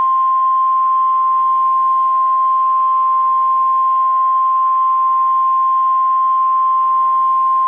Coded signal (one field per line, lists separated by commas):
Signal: Emergency Alert System (SAME) tones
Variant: 1050 Hz attention tone